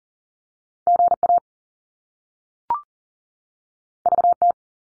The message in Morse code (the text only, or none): GA VT